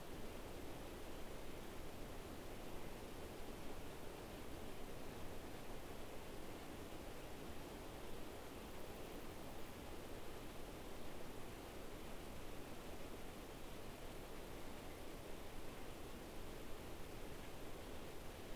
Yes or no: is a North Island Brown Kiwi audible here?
no